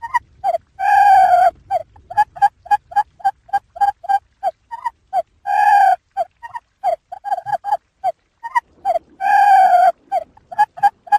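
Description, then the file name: Quail calls in a quick, irregular series of short chips, with occasional drawn-out rasping notes standing out among them. "Tieng cut chuan"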